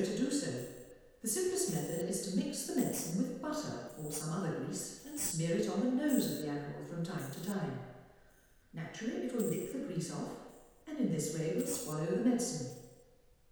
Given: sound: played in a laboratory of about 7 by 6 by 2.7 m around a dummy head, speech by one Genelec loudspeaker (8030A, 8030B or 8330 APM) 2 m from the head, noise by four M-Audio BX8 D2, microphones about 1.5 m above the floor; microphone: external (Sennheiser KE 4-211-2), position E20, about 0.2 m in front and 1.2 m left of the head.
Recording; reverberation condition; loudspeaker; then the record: female speech in English; high; 30 degrees to the right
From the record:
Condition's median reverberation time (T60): about 1300 ms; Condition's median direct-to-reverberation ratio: about -4.0 dB